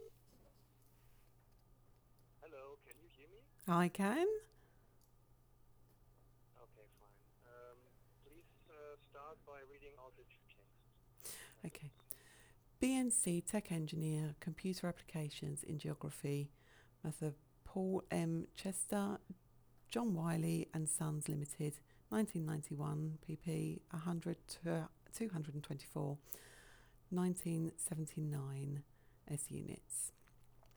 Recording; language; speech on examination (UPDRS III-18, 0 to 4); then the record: text read into a phone; English; 0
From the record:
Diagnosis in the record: healthy control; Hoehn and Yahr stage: 0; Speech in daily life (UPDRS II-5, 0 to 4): 0